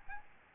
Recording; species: mosquito wingbeat signal from an infrared sensor; Aedes albopictus